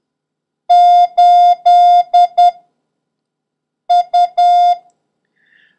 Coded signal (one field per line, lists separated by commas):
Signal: Morse code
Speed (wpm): 10 wpm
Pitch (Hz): 710 Hz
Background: music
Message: 8U